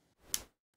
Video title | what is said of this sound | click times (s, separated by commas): Converting affordable old lenses for video | until you hear a slight click once you hear the click you can take this apart just lift it up | 0.3 s